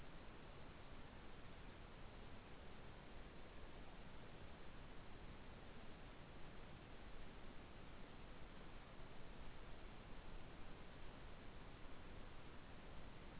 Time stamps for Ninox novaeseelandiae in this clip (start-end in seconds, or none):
none